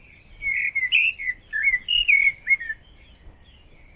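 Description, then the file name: Common blackbird singing a continuous run of mellow, fluty warbled notes that rise and fall, ending with a few thin high twitters, over faint low background noise. "Turdus merula"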